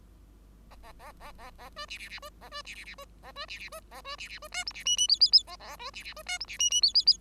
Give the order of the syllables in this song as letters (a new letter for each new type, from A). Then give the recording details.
A A A A A A B C C C B A B C C C B A B C C B A B C C B D E C F F G G G A A B C C B D E C F F G G G. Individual Bird5